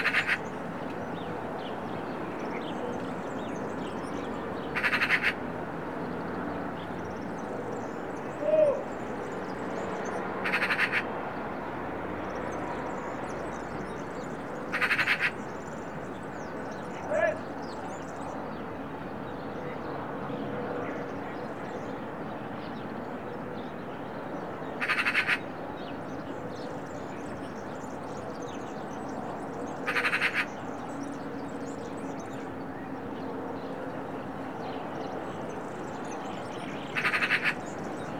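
A daily recording from a studio in the Serra de Collserola natural park: a steady, dense low murmur runs throughout. Short bright clicks or croaks cut in roughly every five seconds, with a few faint higher chirps scattered between them.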